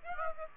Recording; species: mosquito wingbeat signal from an infrared sensor; Aedes aegypti